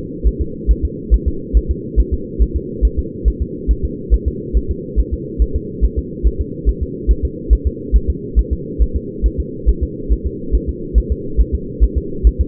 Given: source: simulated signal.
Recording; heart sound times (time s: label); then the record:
fetal heart sounds
0.27 s: S1
0.41 s: S2
0.71 s: S1
0.85 s: S2
1.14 s: S1
1.28 s: S2
1.57 s: S1
1.71 s: S2
2.00 s: S1
2.14 s: S2
2.42 s: S1
2.56 s: S2
2.85 s: S1
2.99 s: S2
3.28 s: S1
3.42 s: S2
3.71 s: S1
3.85 s: S2
4.14 s: S1
4.28 s: S2
4.57 s: S1
4.71 s: S2
5.00 s: S1
5.13 s: S2
5.42 s: S1
5.56 s: S2
5.84 s: S1
5.99 s: S2
6.27 s: S1
6.41 s: S2
6.69 s: S1
6.83 s: S2
7.11 s: S1
7.25 s: S2
7.53 s: S1
7.67 s: S2
7.96 s: S1
8.10 s: S2
8.39 s: S1
8.53 s: S2
8.82 s: S1
8.96 s: S2
9.26 s: S1
9.40 s: S2
9.69 s: S1
9.83 s: S2
10.12 s: S1
10.26 s: S2
10.55 s: S1
10.69 s: S2
10.98 s: S1
11.12 s: S2
11.40 s: S1
11.55 s: S2
11.84 s: S1
11.98 s: S2
12.27 s: S1
12.41 s: S2
From the record:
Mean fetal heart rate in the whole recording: 140 bpm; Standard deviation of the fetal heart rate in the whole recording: 2 bpm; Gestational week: 34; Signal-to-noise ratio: -4.3 dB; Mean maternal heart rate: 72 bpm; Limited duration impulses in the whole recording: absent